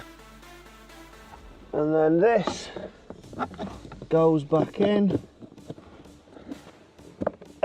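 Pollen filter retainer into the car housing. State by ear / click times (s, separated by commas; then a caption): seated / 7.6 s. The plastic retainer that holds the cabin pollen filter in an Audi is pushed back into the car housing while music plays and someone talks, with a few small knocks along the way. A sharp click at 7.6 s marks the retainer sliding and locking in place, now holding the pollen filter up.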